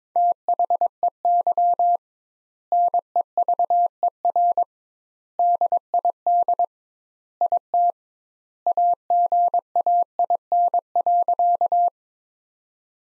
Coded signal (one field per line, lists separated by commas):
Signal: Morse code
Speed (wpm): 21 wpm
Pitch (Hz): 700 Hz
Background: none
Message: THEY NEVER DID IT AGAIN.